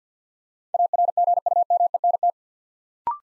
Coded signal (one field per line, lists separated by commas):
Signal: Morse code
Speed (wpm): 48 wpm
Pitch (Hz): 700 Hz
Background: none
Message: ARGUMENT